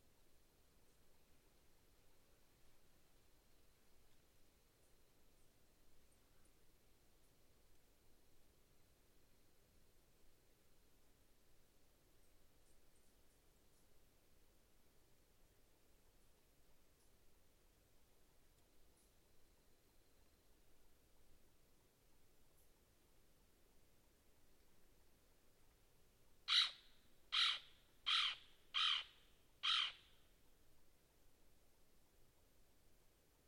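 A deeply quiet night in the outback, with only a soft low hiss and a few faint ticks for most of the stretch. Near the end, about 27 seconds in, five loud, sharp, bright calls ring out in a quick, even series.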